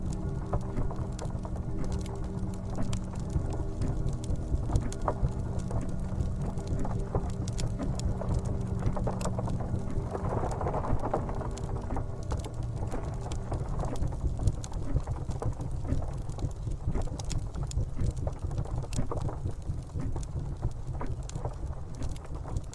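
Steady rain fills the background beside a crackling fireplace, with frequent sharp clicks and pops scattered throughout. A low, constant hum sits underneath, and a brief brighter swell rises around the ten-second mark before the dense texture settles again.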